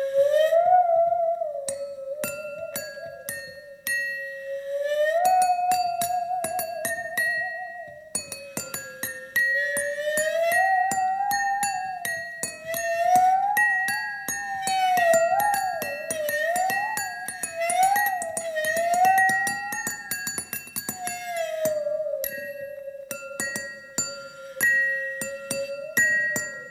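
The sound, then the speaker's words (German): A musical saw sings one continuous, eerie tone that slowly swoops up and down with a wavering vibrato, accompanied by scattered light clicks and high, bell-like pings. “Die Säge spielt vergebens ihre Reize aus.”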